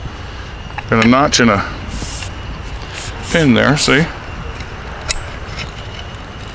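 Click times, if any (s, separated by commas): none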